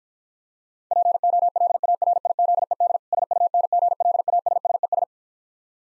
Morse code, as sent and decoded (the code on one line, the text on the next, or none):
.--. --- .-.. .- .-. .. --.. . -.. / ... ..- -. --. .-.. .- ... ... . ...
POLARIZED SUNGLASSES